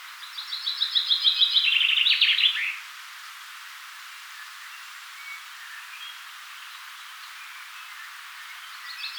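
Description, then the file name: Common chaffinch song: quick repeated notes running into a tumbling downward trill, followed by several seconds of quiet before another phrase begins. "Fringilla coelebs"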